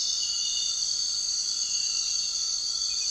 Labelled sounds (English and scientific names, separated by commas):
none